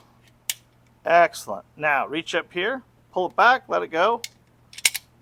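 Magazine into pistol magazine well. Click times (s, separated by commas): 0.5 s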